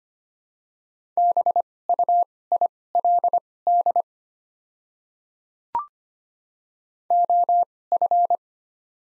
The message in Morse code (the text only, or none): BUILD OF